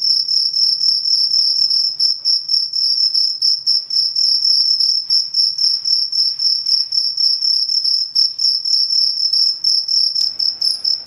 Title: Suara Pengusir Nyamuk Anti Masquito Jangkrik pengusir tikus